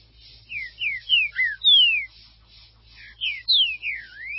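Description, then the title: Green-winged saltator song of rich slurred whistles: a run of falling notes, a short pause, then more falling notes and a final rising slide, over a faint low hum. "Trinca Ferro"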